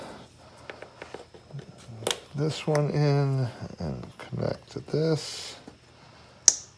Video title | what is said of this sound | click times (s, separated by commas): 2023 GR Corolla Forge Short Shifter / Detailed Installation Made Simple | There we go. Always want to hear that click. | 6.5 s